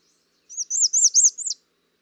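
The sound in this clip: American redstart giving one brief song of five or six high slurred notes, clean and clear against silence.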